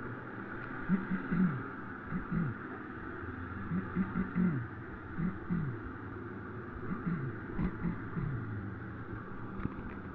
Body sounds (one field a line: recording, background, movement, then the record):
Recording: throat clearing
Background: traffic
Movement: sitting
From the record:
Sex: male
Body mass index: 20.5 kg/m2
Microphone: on the chest, facing the body